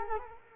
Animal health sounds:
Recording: mosquito wingbeat signal from an infrared sensor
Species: Culex quinquefasciatus

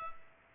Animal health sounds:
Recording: mosquito wingbeat signal from an infrared sensor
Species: Culex pipiens

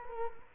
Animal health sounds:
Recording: mosquito wingbeat signal from an infrared sensor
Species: Culex quinquefasciatus

